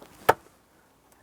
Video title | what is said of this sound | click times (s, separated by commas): How to Replace Ambient Light Sensor 2005-2007 Ford Five Hundred | Press it down and snap in both sides. | 0.3 s